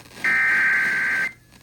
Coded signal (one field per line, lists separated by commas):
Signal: Emergency Alert System (SAME) tones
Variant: header bursts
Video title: (RARE) EAS Civil Emergency Message for Table Rock Wildfire, recorded on WYFG-FM 91.1 - 3/26/25